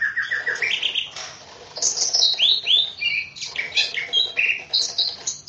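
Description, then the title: Greater green leafbird song, a varied tumble of whistled slurs, swooping notes and chirps, with background hiss. "KICAU BURUNG CUCAK IJO"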